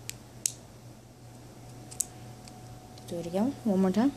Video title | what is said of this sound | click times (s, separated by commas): How to use pepper spray | cuz if you live with kids then you want to hear this click | 0.5 s, 2.0 s